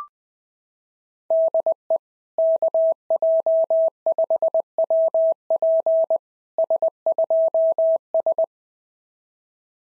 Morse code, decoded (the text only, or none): DE KJ5WP S2S